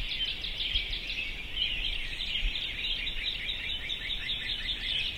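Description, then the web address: Birds in a dense chorus: many overlapping high chirps and twitters run continuously, with faint low thumps underneath. "sounds djk sounds birds 0645 040905"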